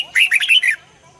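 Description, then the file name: Red-whiskered bulbul song, one brief rollicking phrase of several bright, bubbling notes, then quiet. Red-whiskered bulbul of the Hue strain, singing in the double-voice song style (giong kep). "Tieng chao mao hue hot giong kep"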